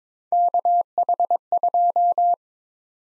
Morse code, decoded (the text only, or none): KH2